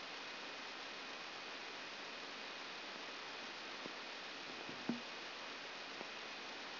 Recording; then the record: brain microelectrode recording played as sound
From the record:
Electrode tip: outside the subthalamic nucleus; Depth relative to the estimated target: -4 mm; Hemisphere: left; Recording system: AlphaMap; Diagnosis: Parkinson's disease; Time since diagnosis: 11 years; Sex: female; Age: 62 years